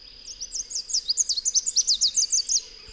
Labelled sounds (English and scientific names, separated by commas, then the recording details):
Chestnut-capped Warbler (Basileuterus delattrii) song
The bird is a male
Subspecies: delattrii
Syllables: 18
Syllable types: 13
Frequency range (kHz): 3.6-8.8 kHz
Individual FV-WSY-M